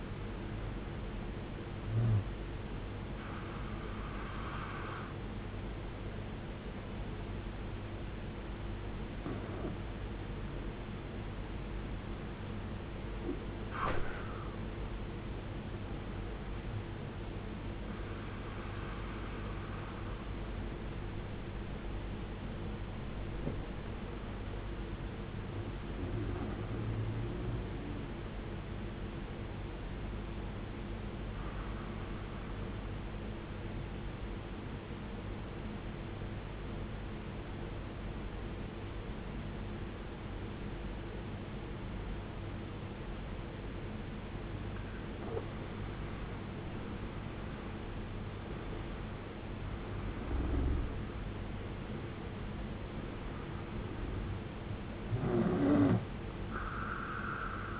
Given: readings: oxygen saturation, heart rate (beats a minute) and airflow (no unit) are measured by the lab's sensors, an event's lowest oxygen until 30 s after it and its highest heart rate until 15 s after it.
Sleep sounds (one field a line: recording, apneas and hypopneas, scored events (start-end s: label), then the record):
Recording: breathing in sleep by a voice recorder at the bedside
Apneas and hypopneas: 2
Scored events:
9.00-24.60 s: hypopnea (N1, oxygen 95% highest, then 91% lowest, heart rate 53 at the start, 87 highest)
34.00-48.50 s: obstructive apnea (N1, oxygen 96% highest, then 86% lowest, heart rate 61 at the start, 69 highest)
From the record:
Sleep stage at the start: N1 (lightest sleep)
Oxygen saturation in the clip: 83 to 96%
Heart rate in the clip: 53 to 87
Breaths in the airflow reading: 7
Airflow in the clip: -15.0 to 16.3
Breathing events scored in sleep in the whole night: 389 in 6.3 hours asleep